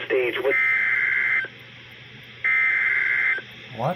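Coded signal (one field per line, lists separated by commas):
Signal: Emergency Alert System (SAME) tones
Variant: header bursts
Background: speech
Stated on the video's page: Compilation of EAS alert captures including a Required Weekly Test, Flash Flood Watches and High Wind Warnings.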